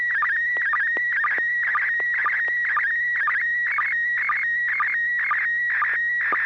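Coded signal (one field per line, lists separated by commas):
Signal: SSTV (slow-scan television)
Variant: PD mode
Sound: warbling high tone near 1.9 kHz, interrupted by rapid regular lower chirps and clicks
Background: low hum, FM radio hiss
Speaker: Let me see if the tone is working. Yes, sir. Good tone. Proceed. Okay, this is PD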